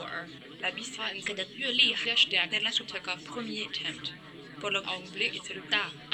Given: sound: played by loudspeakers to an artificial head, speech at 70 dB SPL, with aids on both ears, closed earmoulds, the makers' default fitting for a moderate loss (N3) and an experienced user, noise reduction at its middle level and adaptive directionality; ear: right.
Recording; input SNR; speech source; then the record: speech test signal (ISTS) in cocktail-party noise; +3 dB; in front (0 degrees)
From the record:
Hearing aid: class 1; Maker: C